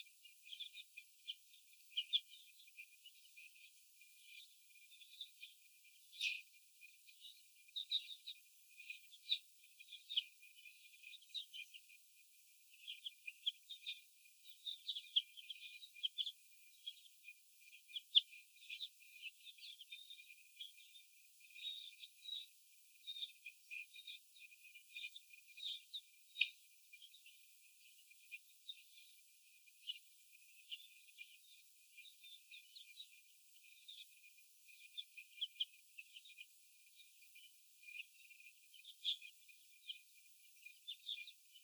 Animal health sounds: young laying hens in a cage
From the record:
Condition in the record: after the stressor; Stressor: sudden umbrella opening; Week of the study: 2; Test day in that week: 1

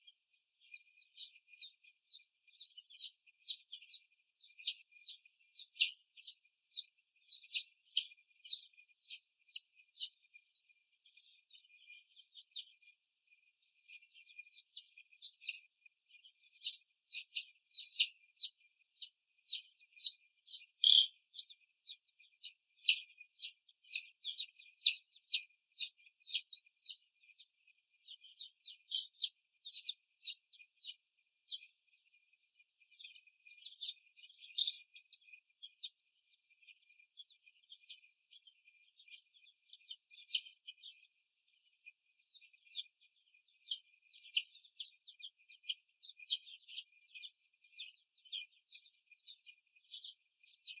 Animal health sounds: young laying hens in a cage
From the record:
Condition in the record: after the stressor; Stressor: simulated dog barking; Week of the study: 1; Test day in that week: 2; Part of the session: 1

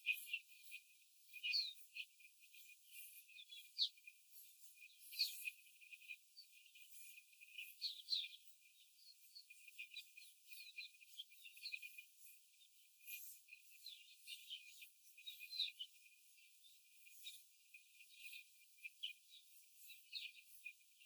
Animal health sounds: young laying hens in a cage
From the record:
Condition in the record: after the stressor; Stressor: simulated dog barking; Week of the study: 4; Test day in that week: 1

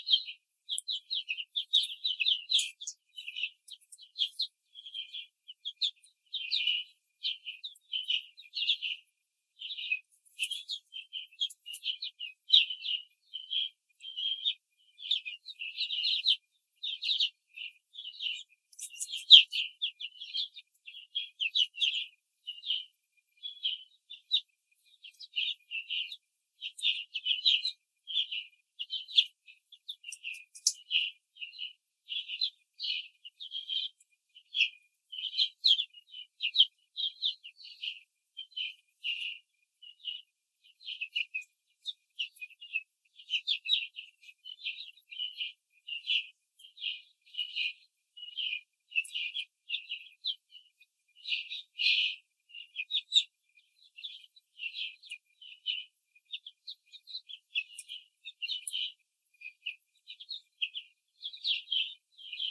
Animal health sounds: young laying hens in a cage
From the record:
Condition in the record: control cage, after the stress test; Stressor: none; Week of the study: 4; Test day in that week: 3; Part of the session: 2

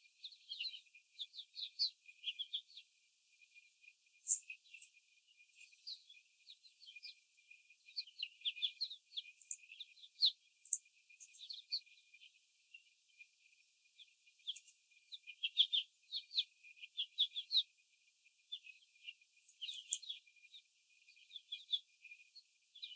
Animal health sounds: young laying hens in a cage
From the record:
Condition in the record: after the stressor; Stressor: simulated dog barking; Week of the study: 4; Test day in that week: 3

